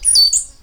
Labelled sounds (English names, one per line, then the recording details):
Stitchbird song
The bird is a male
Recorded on Tiritiri Matangi Island, New Zealand, in 2005
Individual 7, of nest box 9